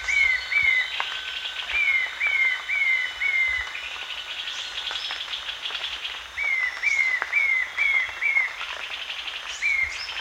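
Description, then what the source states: Short-tailed babbler whistling short, quick downslurred notes in bursts, pausing between series, with other birds in the background. Danum, 1 March 2008.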